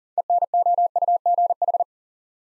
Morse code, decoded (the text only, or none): ENOUGH